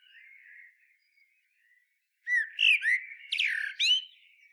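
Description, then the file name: Common blackbird song: a soft, low fluted warble, a short pause, then a loud burst of high squeaky twittering notes over the last two seconds. "Turdus merula"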